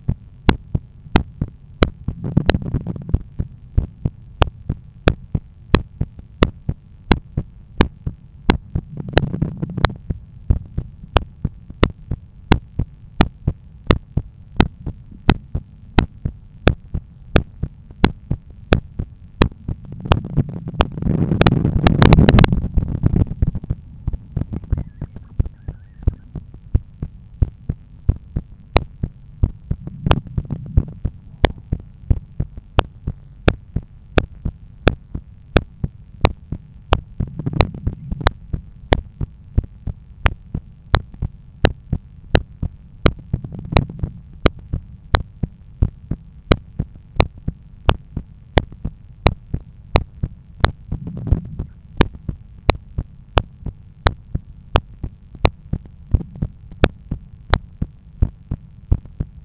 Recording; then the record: heart sounds by stethoscope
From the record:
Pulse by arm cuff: 90 bpm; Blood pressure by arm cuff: 126/79 mmHg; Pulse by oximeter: 88 bpm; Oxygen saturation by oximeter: 96%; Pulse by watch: 92 bpm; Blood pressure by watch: 128/82 mmHg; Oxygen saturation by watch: 97%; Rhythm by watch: sinus rhythm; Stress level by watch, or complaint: low stress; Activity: after 10 min smoking and coffee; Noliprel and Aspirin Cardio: after pills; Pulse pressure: 47 mmHg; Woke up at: 7:50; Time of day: 9:50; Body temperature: 36.6 C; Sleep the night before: 7 h 52 min, score 75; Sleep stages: REM 24%, light 55%, deep 12%, awake 9%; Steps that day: 9500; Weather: sunny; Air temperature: 18.5 C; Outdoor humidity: 80%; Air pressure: 1013 hPa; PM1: 4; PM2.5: 7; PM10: 9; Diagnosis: hypertension, treated with Noliprel and Aspirin Cardio 100 mg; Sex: male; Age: 53 years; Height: 174 cm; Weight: 81 kg